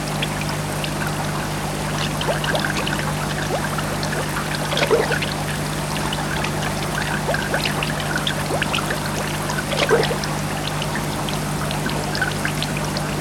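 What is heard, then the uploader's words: Aquarium water trickles and splashes continuously over a steady low pump hum, with slightly louder splashes around five and ten seconds. Aquarium. Soundscape.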